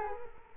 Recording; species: mosquito wingbeat signal from an infrared sensor; Culex quinquefasciatus